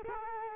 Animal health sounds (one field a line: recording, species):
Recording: mosquito wingbeat signal from an infrared sensor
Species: Culex quinquefasciatus